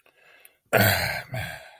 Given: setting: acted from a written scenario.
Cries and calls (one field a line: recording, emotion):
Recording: vocal sound without words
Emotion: guilt